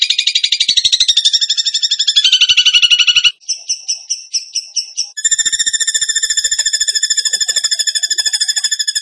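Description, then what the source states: Bird song: a fast, high buzzy trill that drops in pitch, then a stuttering run of separate notes, then a steady rapid trill of even pulses. Masteran training recording in the tembakan gacor style.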